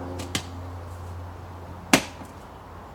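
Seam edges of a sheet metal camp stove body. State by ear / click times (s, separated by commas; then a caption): seated / 0.4 s, 1.9 s. The two edges of a rolled sheet-metal camp stove body seam are worked together past center, starting from the bottom, and snap into place. There are two sharp pops, a lighter one at 0.4 s and a louder one at 1.9 s, over a steady low hum. The seam is seated.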